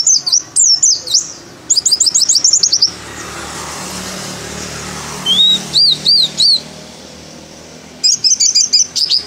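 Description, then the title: White-eye singing high, quick slurred whistles in repeated bursts, some phrases rising then falling, pausing between clusters; steady low background noise. White-eye of the dakun type from Merapi, singing with open beak, its song mixing in canary-like phrases. "Pleci Dakun Merapi Buka Paruh sambung Kenarian"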